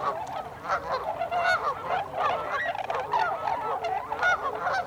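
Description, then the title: Tundra swans calling as a flock, a dense continuous chorus of overlapping nasal, hooting honks with no pauses between them. Recorded 26 December 2020; several swans. "2020-12-26-Tundra-Swans"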